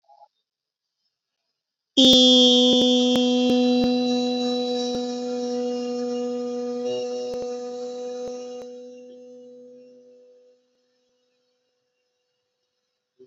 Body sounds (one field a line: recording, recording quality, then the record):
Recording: sustained vowel as in beet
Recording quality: excellent, no background noise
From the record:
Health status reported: COVID-19 positive, mild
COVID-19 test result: positive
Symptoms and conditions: cold, fever, fatigue, muscle pain, loss of smell and taste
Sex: female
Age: 22 years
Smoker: not ticked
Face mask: not worn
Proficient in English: yes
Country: India